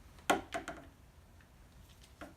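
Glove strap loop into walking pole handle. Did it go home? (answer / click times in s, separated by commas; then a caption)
yes / 0.3 s. The loop on a walking-pole glove strap is slid into the slot in the pole handle and latches with a sharp click at 0.3 s. Softer ticks follow at about 0.5 s, 0.7 s and 2.2 s. The strap is seated in the handle and ready to go.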